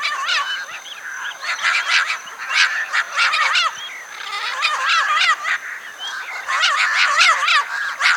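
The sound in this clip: Birds in a dense, chattering chorus: bursts of sharp chirps, buzzy notes and wavering whistles crowd together, with a brief lull before the calling swells again.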